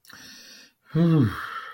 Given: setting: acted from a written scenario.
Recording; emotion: vocal sound without words; relief